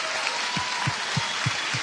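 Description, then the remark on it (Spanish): Children applauding together during a speech by Argentina's president about the expansion of school number 80 in Allen, a dense wash of clapping with a steady rhythmic beat, about five even claps in quick succession, with no voices. “Sí, chicos, aplaudan, ahí estaban con las manitos así. Aplaudan nomás, dale.”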